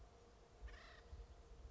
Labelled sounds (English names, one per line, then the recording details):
Acorn Woodpecker
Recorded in Sonoma County, California